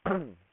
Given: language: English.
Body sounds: throat vibration sensor signal played as sound; throat clearing

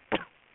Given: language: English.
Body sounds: throat vibration sensor signal played as sound; cough

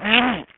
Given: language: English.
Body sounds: throat vibration sensor signal played as sound; throat clearing

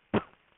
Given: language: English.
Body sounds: throat vibration sensor signal played as sound; cough

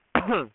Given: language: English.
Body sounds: throat vibration sensor signal played as sound; cough

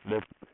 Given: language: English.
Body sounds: throat vibration sensor signal played as sound; speech

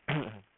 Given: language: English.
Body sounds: throat vibration sensor signal played as sound; throat clearing

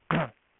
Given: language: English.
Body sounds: throat vibration sensor signal played as sound; throat clearing

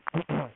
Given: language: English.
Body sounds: throat vibration sensor signal played as sound; throat clearing

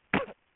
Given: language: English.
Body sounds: throat vibration sensor signal played as sound; cough

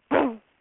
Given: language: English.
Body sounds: throat vibration sensor signal played as sound; throat clearing

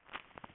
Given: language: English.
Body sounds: throat vibration sensor signal played as sound; swallow

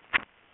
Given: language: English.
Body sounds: throat vibration sensor signal played as sound; speech

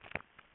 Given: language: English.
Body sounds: throat vibration sensor signal played as sound; swallow

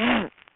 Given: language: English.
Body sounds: throat vibration sensor signal played as sound; throat clearing

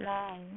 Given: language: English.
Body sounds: throat vibration sensor signal played as sound; speech

